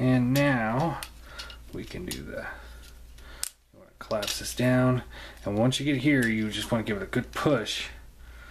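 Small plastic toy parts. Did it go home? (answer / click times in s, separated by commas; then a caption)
no / none. Someone talks while handling a plastic Make Toys Hyper Novae Transformers figure, collapsing a section down and pushing it toward its locked position on the toy body. Brief plastic handling noises are heard, including a sharp tap near 3.4 s. Nothing has seated or clicked into place yet.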